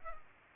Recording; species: mosquito wingbeat signal from an infrared sensor; Culex pipiens